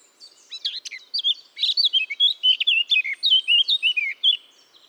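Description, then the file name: Eurasian blackcap song phrase: a few soft notes leading into a rapid series of loud, clear, fluting whistles that rise and fall. "Sylvia atricapilla"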